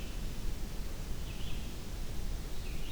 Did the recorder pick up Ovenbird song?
no